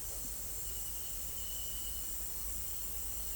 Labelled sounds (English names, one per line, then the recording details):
none
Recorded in secondary vegetation near Puerto Asís, Putumayo, Colombia, on 21 December 2024 at 18:00
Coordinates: 0.468, -76.324
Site G095